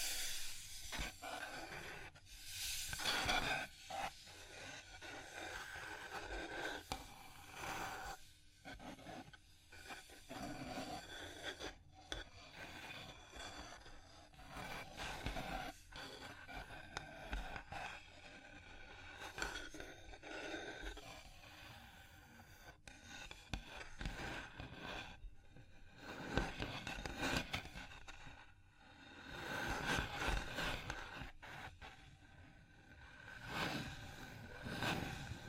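Fingers tap, scratch and trace across a surface for the whole stretch, a dense, uneven run of rasping strokes and brief knocks. Bright scratchy bursts come every second or two, with sharper taps around 3, 8, 12 and 29 seconds over a steady low hiss.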